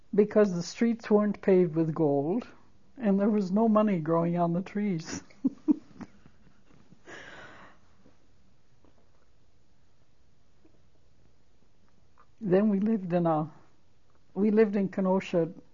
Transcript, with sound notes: Because the streets weren't paved with gold, and there was no money growing on trees. (She laughs.) Then we lived in a, we lived in Kenosha